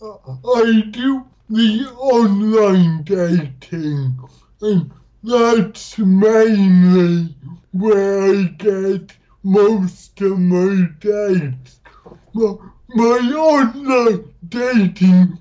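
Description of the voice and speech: Adult male speaker from the UK with cerebral palsy, with dysarthria: slow speech with drawn-out vowels and frequent pauses between short phrases.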